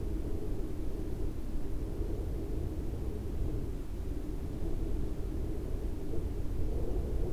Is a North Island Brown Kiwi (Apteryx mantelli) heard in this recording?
no